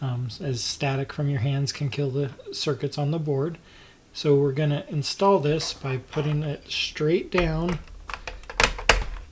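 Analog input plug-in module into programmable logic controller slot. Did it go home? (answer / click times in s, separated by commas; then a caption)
yes / 8.9 s. Someone talks while an analog input plug-in module, a plastic-framed circuit board with a rear connector, is pushed straight down into the slot on a small Micro850 programmable logic controller. A few light clicks and rattles come just before a sharp, loud snap at 8.9 s, when the module seats in place.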